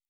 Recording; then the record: hydrophone in a shrimp aquaculture tank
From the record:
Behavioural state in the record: normal